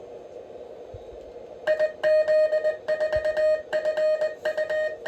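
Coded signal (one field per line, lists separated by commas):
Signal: Morse code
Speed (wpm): 20 wpm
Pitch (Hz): 620 Hz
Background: music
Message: IZ4FU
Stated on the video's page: CQ called on 10 meters with a kilowatt.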